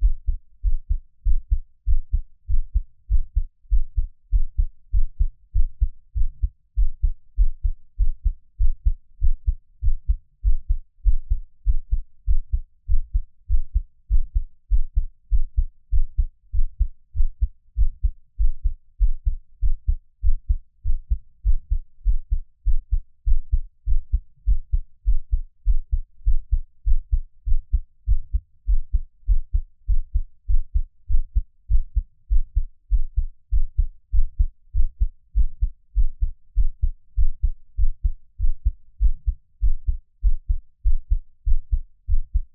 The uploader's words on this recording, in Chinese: 獻上我的心跳 | Give my Heartbeat。NO Talking。Monthly heartbeat recording。